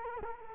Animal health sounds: mosquito wingbeat signal from an infrared sensor; Culex quinquefasciatus

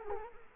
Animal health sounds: mosquito wingbeat signal from an infrared sensor; Culex quinquefasciatus

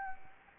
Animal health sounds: mosquito wingbeat signal from an infrared sensor; Anopheles gambiae

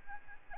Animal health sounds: mosquito wingbeat signal from an infrared sensor; Aedes albopictus

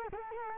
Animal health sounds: mosquito wingbeat signal from an infrared sensor; Culex quinquefasciatus

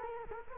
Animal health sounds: mosquito wingbeat signal from an infrared sensor; Culex quinquefasciatus

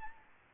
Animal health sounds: mosquito wingbeat signal from an infrared sensor; Aedes albopictus

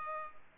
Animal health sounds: mosquito wingbeat signal from an infrared sensor; Culex pipiens

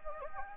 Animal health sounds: mosquito wingbeat signal from an infrared sensor; Anopheles gambiae

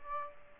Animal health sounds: mosquito wingbeat signal from an infrared sensor; Aedes aegypti

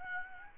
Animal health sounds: mosquito wingbeat signal from an infrared sensor; Aedes albopictus

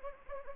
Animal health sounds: mosquito wingbeat signal from an infrared sensor; Anopheles gambiae

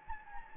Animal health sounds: mosquito wingbeat signal from an infrared sensor; Anopheles gambiae

